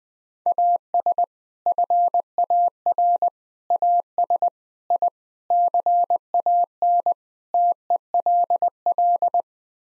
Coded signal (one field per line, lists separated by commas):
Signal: Morse code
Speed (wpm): 20 wpm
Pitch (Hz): 700 Hz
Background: none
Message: AS FAR AS I CAN TELL